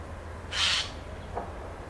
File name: Garrulus glandarius